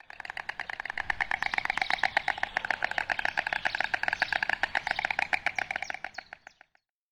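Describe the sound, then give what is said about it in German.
A stork clatters its beak high up on a roof in a fast, steady wooden rattle of rapid knocks that runs for about six seconds, then trails off and stops. No voices are heard. “Wer nicht so schön singen kann wie ich, der klappert eben einfach mit seinem Schnabel, so wie der Storch.”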